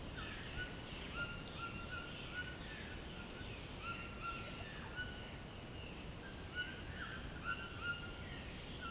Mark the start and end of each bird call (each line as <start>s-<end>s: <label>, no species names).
0.00s-8.90s: bird call